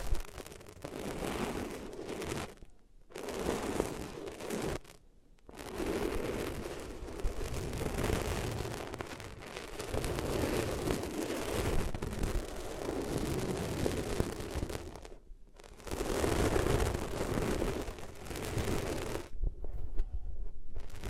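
Ears being rubbed against different materials give a dense, rough, scraping rumble with a strong low, muffled thump underneath. The rubbing runs in long stretches broken by brief pauses near 3, 5, 15 and 19 seconds, its texture shifting slightly between passes.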